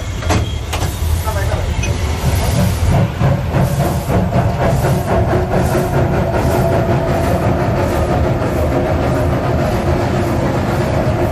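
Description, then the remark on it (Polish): A steam locomotive under way, a heavy low rumble with a steady, rapid pulse of chuffs and clanking running continuously and loudly throughout. “oczywiście najbardziej atrakcyjne jest zobaczyć taki pojazd w ruchu, jak on jest rozgrzany, jak jest pod parą, to jest zupełnie inna rzeczywistość.”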